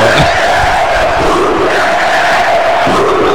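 A stadium crowd of Brazil national team football fans roars and cheers continuously during the Brazil vs Belarus match, a loud, dense wall of voices with swelling chants rising and falling throughout, no single voice standing out.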